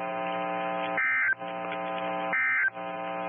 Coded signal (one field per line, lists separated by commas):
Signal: Emergency Alert System (SAME) tones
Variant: end-of-message bursts